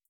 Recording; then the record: hydrophone in a shrimp aquaculture tank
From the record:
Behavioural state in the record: starved